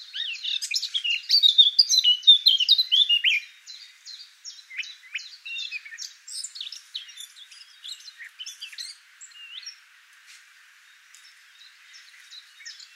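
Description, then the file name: Eurasian blackcap warbling song, loud and rich for the first three seconds, then fading to softer scattered chirps and twitters over the rest. "Sylvia atricapilla"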